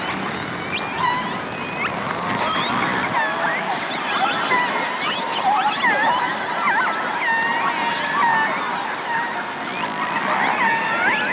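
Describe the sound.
Whale calls: dense overlapping whistles, sweeps and squeaks, some wavering and some sharply rising, continuing without pause over background hiss.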